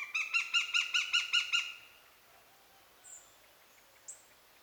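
Eurasian goshawk giving a fast cackling series of several harsh, even notes, then quiet with a couple of faint high sounds.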